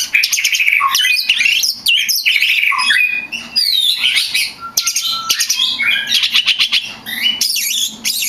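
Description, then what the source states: Oriental magpie-robin in dense, continuous song mixing clear whistles, scratchy chatter and quick slurred notes. Champion contest bird; recording meant for tutoring other birds.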